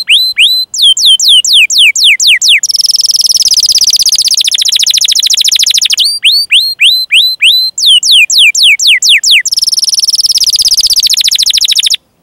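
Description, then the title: Canary song alternating quick whistled notes with long high buzzy trills, repeated twice. Gacor (vigorously singing) canary song with the finest cengkok (song phrasing) and richest isian (song fill), for bird-song training. "Kenari Gacor Cengkok Terbaik Isian Paling Mewah Kenari"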